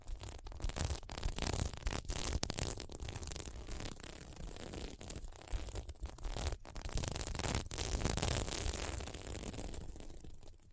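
Scratching on a sequined pillow, a dense, continuous scraping and rustling with fine crackly detail and a low rumble underneath. The strokes come in quick, uneven passes with brief near-silent gaps around 2, 5 and 6.5 seconds, growing louder near 8 seconds.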